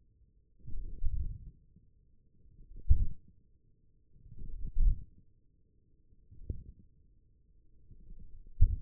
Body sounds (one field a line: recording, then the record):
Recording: forearm muscle sounds (acoustic myography)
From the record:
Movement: hand closing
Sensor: system 1, eight BSWA MPA416 microphones around the upper forearm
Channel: 3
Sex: male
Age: 28 years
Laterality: right